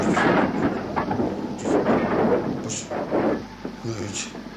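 A train brakes hard to a stop after its emergency brake is pulled: a loud, rough rumbling roar that surges in waves, with brief high squeals, fading into a low steady hum at the end.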